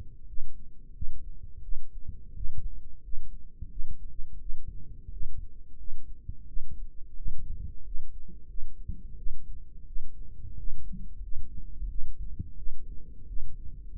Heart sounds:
heart sounds by microphone in the right ear; 88 bpm
0.27 s: heartbeat
0.94 s: heartbeat
1.62 s: heartbeat
2.34 s: heartbeat
3.02 s: heartbeat
3.70 s: heartbeat
4.40 s: heartbeat
5.11 s: heartbeat
5.78 s: heartbeat
6.47 s: heartbeat
7.16 s: heartbeat
7.84 s: heartbeat
8.48 s: heartbeat
9.17 s: heartbeat
9.86 s: heartbeat
10.57 s: heartbeat
11.21 s: heartbeat
11.89 s: heartbeat
12.56 s: heartbeat
13.27 s: heartbeat
13.90 s: heartbeat
From the record:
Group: healthy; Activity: rest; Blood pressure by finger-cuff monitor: 95/54 mmHg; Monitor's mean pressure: 68 mmHg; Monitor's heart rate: 88 bpm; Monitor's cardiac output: 7.8 L/min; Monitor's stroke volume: 88 mL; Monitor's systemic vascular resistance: 610 dyn s/cm5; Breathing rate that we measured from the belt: 23 breaths a minute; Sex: female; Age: 22 years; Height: 163 cm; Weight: 67.1 kg

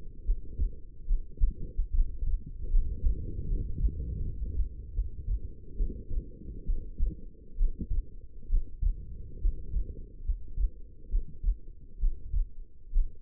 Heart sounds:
heart sounds by stethoscope; 71 bpm
0.25 s: heartbeat
1.07 s: heartbeat
1.93 s: heartbeat
2.70 s: heartbeat
3.48 s: heartbeat
4.22 s: heartbeat
4.95 s: heartbeat
5.77 s: heartbeat
6.66 s: heartbeat
7.57 s: heartbeat
8.49 s: heartbeat
9.41 s: heartbeat
10.25 s: heartbeat
11.10 s: heartbeat
11.99 s: heartbeat
12.92 s: heartbeat
From the record:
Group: healthy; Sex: female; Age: 19 years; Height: 163 cm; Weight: 51 kg

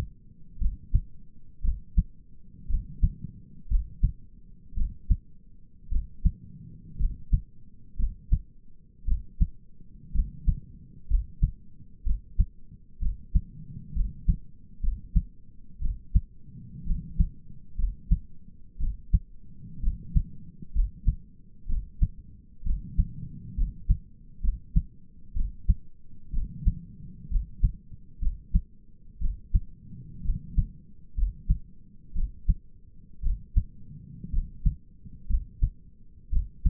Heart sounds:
heart sounds by stethoscope; 60 bpm
0.61 s: heartbeat
1.64 s: heartbeat
2.69 s: heartbeat
3.70 s: heartbeat
4.77 s: heartbeat
5.92 s: heartbeat
7.00 s: heartbeat
7.99 s: heartbeat
9.07 s: heartbeat
10.14 s: heartbeat
11.10 s: heartbeat
12.06 s: heartbeat
13.02 s: heartbeat
13.96 s: heartbeat
14.83 s: heartbeat
15.82 s: heartbeat
16.87 s: heartbeat
17.78 s: heartbeat
18.80 s: heartbeat
19.83 s: heartbeat
20.75 s: heartbeat
21.69 s: heartbeat
22.66 s: heartbeat
23.57 s: heartbeat
24.43 s: heartbeat
25.36 s: heartbeat
26.34 s: heartbeat
27.31 s: heartbeat
28.22 s: heartbeat
29.21 s: heartbeat
30.25 s: heartbeat
31.17 s: heartbeat
32.16 s: heartbeat
33.23 s: heartbeat
34.33 s: heartbeat
35.29 s: heartbeat
36.32 s: heartbeat
From the record:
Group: healthy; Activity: rest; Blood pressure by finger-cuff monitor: 105/62 mmHg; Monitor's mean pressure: 77 mmHg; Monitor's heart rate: 61 bpm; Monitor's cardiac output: 5.6 L/min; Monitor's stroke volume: 92 mL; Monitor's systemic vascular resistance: 1010 dyn s/cm5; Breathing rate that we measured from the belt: 18 breaths a minute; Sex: male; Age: 22 years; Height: 181 cm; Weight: 79 kg

